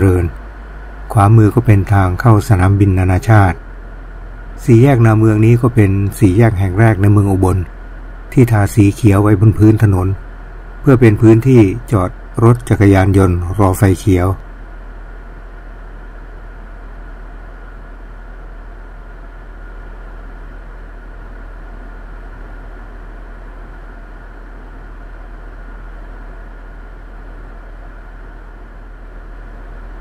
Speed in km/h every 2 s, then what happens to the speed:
0, 0, 0, 0, 0, 0, 0, 0, 0, 0, 0, 0, 0, 0, 0.
0-30 standing.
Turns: none.